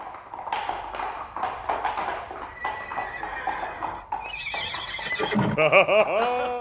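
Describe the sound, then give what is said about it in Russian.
Hooves clip-clop in a steady, rapid rhythm for several seconds, then a horse lets out a loud, high, wavering whinny that rises and trembles before trailing off. “хорошая лошадь.”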